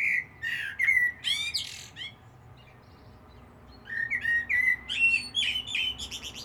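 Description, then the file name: Common blackbird delivering two song phrases: a fluted whistle followed by sharp high squeaks, a pause, then a longer series of warbled notes with thin high accents. "Turdus merula"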